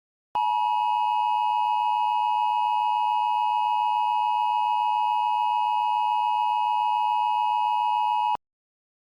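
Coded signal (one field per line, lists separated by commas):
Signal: Emergency Alert System (SAME) tones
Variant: 853 and 960 Hz attention tone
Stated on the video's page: Recreation of a civil danger warning alert with valid EAS tones.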